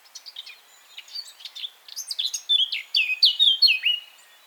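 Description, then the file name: Eurasian blackcap delivering a hurried, scratchy warble that grows louder and finishes with a run of clear, downslurred flute-like whistles. "Sylvia atricapilla"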